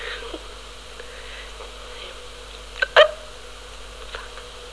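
A single sharp, abrupt gulping hiccup from an adult near three seconds against quiet room noise, with a fainter catch just before.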